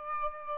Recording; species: mosquito wingbeat signal from an infrared sensor; Aedes aegypti